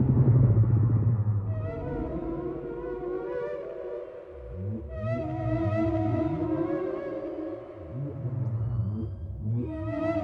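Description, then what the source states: Whale song with rising and falling moans and arched low calls in loose series, layered over a steady tonal drone that dips twice. Chorus of several whales.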